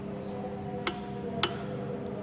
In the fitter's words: terdengar bunyi klik seperti itu ini